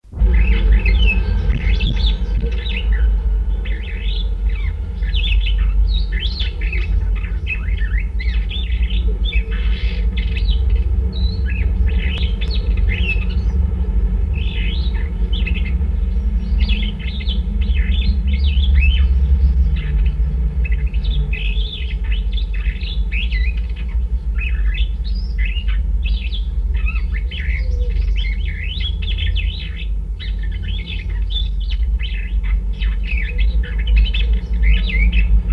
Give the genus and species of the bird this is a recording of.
Lamprotornis superbus